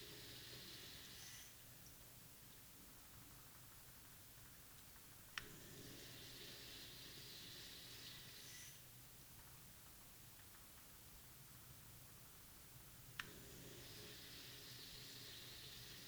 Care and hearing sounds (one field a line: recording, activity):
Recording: daily activity, guitar pickup as the sensor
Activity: flush